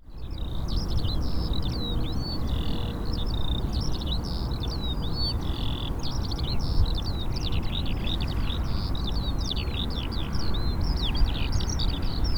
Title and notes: Ole Rømers Vej, 2630 Taastrup, Denmark - Eurasian skylark and cars. Lark singing. While cars are passing, the lark starts singing louder. Alouette des champs. Se met à chanter plus fort lorsque des voitures passent